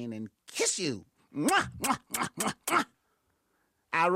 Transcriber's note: makes kissing sound